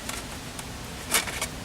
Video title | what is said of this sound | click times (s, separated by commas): Serenity Clothes Dryer Vent Installation | until it kind of locks into place, and you'll see right where | 1.1 s